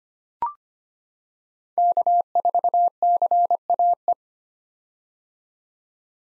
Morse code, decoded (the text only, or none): K4CAE